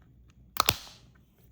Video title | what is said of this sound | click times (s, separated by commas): GMC Key Fob Battery Replacement - Panasonic CR2450 3V | then I'll simply press down and it'll click into place. Clicked into place. | 0.6 s, 0.7 s